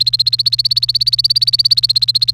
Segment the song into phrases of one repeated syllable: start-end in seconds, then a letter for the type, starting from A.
0.00-2.33 A